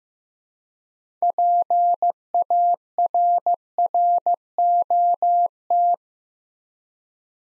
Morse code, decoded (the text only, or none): PARROT